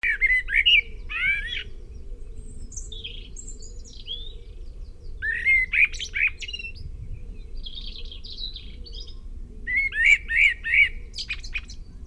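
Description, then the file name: Common blackbird singing three separate phrases, each a mellow fluted warble that breaks into a high squeaky twitter, with quiet pauses between and a steady low rumble underneath. "Turdus merula"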